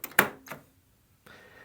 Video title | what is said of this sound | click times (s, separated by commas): How to Use Your Brother MFC-J1170DW : Step by Step | So you're going to take your thumb and you're going to push this cartridge until it clicks in place. | 0.2 s